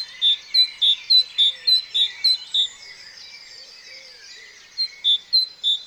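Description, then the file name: Great tit calls: a brisk string of high, clean notes, then a gap of a couple of seconds before the series resumes; other small birds twitter faintly. "Parus major"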